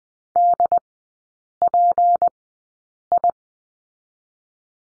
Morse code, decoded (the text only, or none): DPI